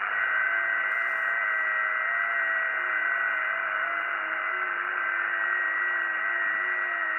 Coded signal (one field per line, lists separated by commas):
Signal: FT8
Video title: R1CBU - FT8 Transmit & Decode X6100 , 2025